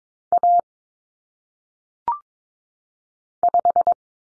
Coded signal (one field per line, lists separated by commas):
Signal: Morse code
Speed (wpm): 22 wpm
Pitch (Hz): 700 Hz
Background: none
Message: A 5